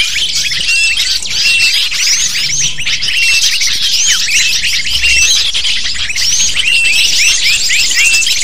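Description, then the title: Lovebird flock calls: an unbroken stream of sharp, high chirps and quick squeaky slurs from many birds at once. Calls used as a lure (pikat) to attract lovebirds. "PIKAT BURUNG LOVEBIRD"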